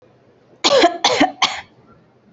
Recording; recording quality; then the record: heavy voluntary cough; excellent, no background noise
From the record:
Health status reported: healthy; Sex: female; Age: 24 years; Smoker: no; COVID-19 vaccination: both doses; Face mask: worn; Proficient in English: yes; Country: India